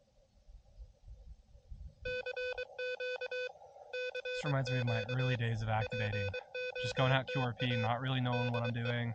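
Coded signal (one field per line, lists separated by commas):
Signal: Morse code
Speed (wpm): 24 wpm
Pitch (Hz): 2500 Hz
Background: speech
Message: CQ CQ POTA DE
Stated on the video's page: QRP CW park activation using an Elecraft KH1.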